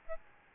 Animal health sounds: mosquito wingbeat signal from an infrared sensor; Aedes albopictus

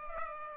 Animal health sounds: mosquito wingbeat signal from an infrared sensor; Culex pipiens

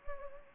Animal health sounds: mosquito wingbeat signal from an infrared sensor; Anopheles gambiae

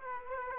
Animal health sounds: mosquito wingbeat signal from an infrared sensor; Aedes aegypti

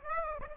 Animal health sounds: mosquito wingbeat signal from an infrared sensor; Aedes aegypti

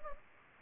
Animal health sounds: mosquito wingbeat signal from an infrared sensor; Anopheles gambiae

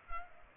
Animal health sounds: mosquito wingbeat signal from an infrared sensor; Culex pipiens

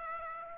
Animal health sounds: mosquito wingbeat signal from an infrared sensor; Aedes aegypti

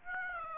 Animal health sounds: mosquito wingbeat signal from an infrared sensor; Aedes aegypti

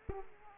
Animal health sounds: mosquito wingbeat signal from an infrared sensor; Aedes aegypti

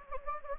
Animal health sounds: mosquito wingbeat signal from an infrared sensor; Anopheles gambiae

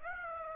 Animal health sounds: mosquito wingbeat signal from an infrared sensor; Aedes aegypti

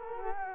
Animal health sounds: mosquito wingbeat signal from an infrared sensor; Culex quinquefasciatus

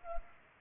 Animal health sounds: mosquito wingbeat signal from an infrared sensor; Culex pipiens

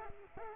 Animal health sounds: mosquito wingbeat signal from an infrared sensor; Culex quinquefasciatus

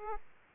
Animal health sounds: mosquito wingbeat signal from an infrared sensor; Aedes aegypti

